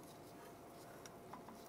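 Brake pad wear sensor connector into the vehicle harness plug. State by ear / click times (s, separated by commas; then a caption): not seated / none. A brake pad wear sensor connector on a 2006-2009 Mercedes-Benz E350 is handled and lined up with the vehicle harness plug before being pushed home. Only light plastic handling sounds are heard, with small taps near 1.1, 1.3 and 1.5 seconds over a low steady background. Nothing has seated or clicked yet.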